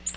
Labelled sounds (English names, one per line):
Nashville Warbler flight call